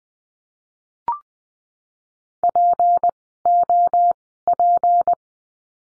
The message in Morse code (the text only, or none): POP